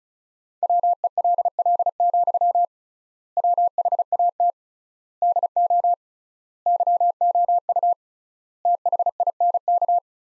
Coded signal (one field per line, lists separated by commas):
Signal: Morse code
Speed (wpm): 34 wpm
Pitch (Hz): 700 Hz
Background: none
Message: WELL, WHAT DO YOU THINK